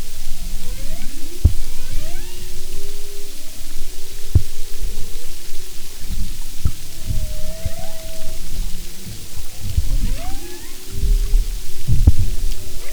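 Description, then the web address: Humpback whale calls: thin rising and level whistled tones scattered throughout, with low throbbing underwater noise and occasional sharp clicks. "Marine Mammals humpback"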